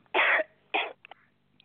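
Two harsh cough bursts, a longer one then a shorter one, from an adult woman with flu, after many days of coughing; the cough is painful.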